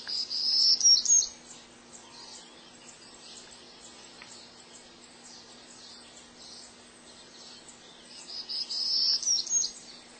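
Townsend's warbler giving two high, buzzy, wheezy song phrases, one at the start and one near the end, with faint hiss between.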